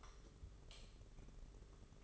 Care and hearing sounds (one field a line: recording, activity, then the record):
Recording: daily activity, microphone in the room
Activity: light off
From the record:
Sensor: 4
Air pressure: 991.7 hPa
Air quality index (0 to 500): 99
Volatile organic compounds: 11 ppm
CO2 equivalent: 2317 ppm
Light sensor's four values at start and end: 9/25/9/11 and 7/16/6/6